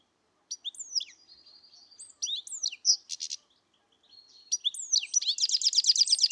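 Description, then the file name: European goldfinch song, high tinkling twitters and slurred whistles, with a fast buzzy trill near the three-second mark and a longer rapid twittering run at the end. "Carduelis carduelis"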